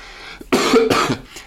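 Two forceful coughs follow in quick succession, each a harsh, noisy burst of about a third of a second, after a moment of near silence. It is a plain cough from an adult man who has a cough and is a bit under the weather.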